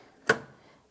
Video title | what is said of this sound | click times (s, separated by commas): Brother 3034DWT Overlocker | and then move the hand wheel towards you again, and you'll hear it click back into position. | 0.3 s